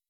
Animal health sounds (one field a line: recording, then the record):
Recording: hydrophone in a shrimp aquaculture tank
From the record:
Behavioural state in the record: weakened